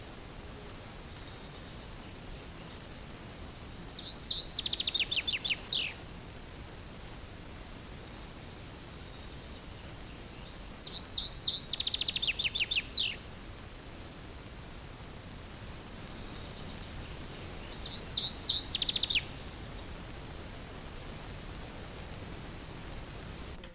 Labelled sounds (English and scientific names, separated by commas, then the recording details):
Common Chaffinch (Fringilla coelebs) song
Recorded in the wild
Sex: male
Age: adult
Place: Altenbeken, Eggegebirge, Nordrhein-Westfalen, DE
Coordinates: 51.7833, 8.96667
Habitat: mountain ridge
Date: 1966-06-17
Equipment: Uher 4000 Report-S, Bändchenmikro Beyer M 260, Parabolspiegel Polyester (470 mm)
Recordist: Conrads, Klaus